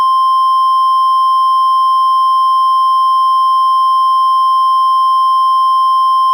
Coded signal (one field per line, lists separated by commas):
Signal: Emergency Alert System (SAME) tones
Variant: 1050 Hz attention tone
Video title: EAS Tornado Warning For Montgomery County MD[EAS MOCK 1]